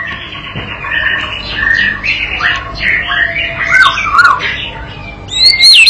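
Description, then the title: White-rumped shama song: a continuous run of varied warbled and slurred notes, swelling toward the end with high sharp whistles. Lure training recording used to teach a young bird to sing energetically and prompt it to answer at once. "MURAI BATU PAUD BELAJAR GACOR, AJARI DENGAN MASTERAN PANCINGAN INI, PANCING LANGSUNG NYAUT"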